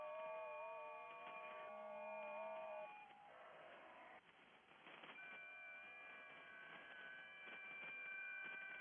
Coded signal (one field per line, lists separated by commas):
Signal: FT8